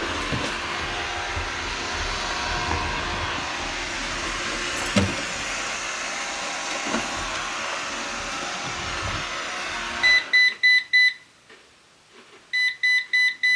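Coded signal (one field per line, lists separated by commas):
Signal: beep code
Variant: Eufy RoboVac 11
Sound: robot vacuum whirring, then it stops and gives repeated groups of four short high beeps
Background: vacuum motor noise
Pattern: 4 short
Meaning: The rolling brush is stuck, or the battery may be dead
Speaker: Now this is what it is doing. So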